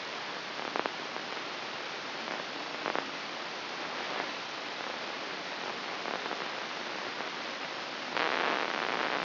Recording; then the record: brain microelectrode recording played as sound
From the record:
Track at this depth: inside the subthalamic nucleus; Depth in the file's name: 1.937 mm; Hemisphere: left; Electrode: 3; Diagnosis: Parkinson's disease